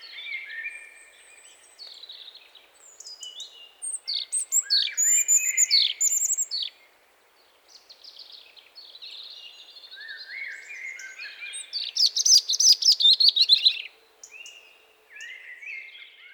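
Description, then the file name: European robin singing several varied, high, tinkling phrases separated by short pauses. Some are soft warbles and one ends in a loud rapid trill. "Erithacus rubecula"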